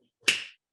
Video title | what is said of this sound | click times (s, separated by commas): CONNECT Social Hour - April 2021 | you hear that snap and you can just wiggle that out you're | 0.3 s